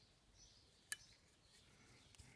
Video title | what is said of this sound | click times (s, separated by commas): Resto 2CV AZAM 1965 # 26 # Changement des joints étrier sunbeam alpine | voilà un petit clic et | 0.9 s